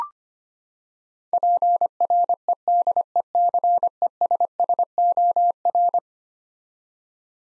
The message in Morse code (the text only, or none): PREDECESSOR